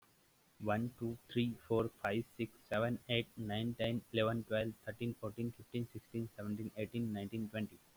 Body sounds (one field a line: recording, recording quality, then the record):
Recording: counting at a fast pace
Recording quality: excellent, no background noise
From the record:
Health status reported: exposed to COVID-19, no respiratory illness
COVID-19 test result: negative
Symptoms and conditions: cold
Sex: male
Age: 25 years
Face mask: not worn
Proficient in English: yes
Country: India